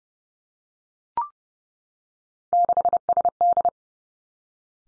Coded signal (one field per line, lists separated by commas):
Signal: Morse code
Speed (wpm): 32 wpm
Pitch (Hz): 700 Hz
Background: none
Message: 6SD